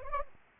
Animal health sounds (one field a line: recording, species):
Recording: mosquito wingbeat signal from an infrared sensor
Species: Anopheles gambiae